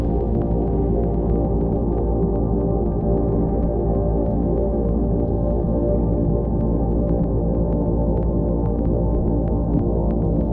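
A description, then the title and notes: A steady low drone hums and throbs evenly throughout, dense and dark, with faint scattered clicks ticking above it. I created a background drone with a coastal/nautical feel to accompany the field recording in some way. I used a synthesiser that uses granular synthesis to create the drone and textures. I especially liked the little pops and squeaks in the underwater hydrophone recording. Harbour sounds in Bali reimagined by id_23.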